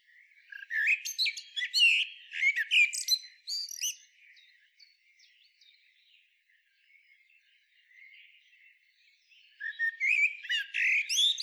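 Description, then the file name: Common blackbird giving loud bursts of squeaky, twittering chatter, a quieter stretch of soft high notes in the middle, then another chattering burst at the end. "Turdus merula"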